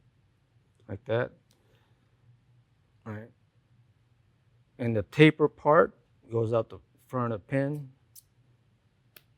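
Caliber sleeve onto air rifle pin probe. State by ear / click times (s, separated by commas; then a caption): seated / 9.2 s. Someone talks while pushing a caliber sleeve from a slug power kit onto the pin probe of an FX Impact M3 air rifle, with the taper facing the front of the pin. A sharp click at 9.2 s marks the sleeve snapping into place; it is seated and no longer wants to come out.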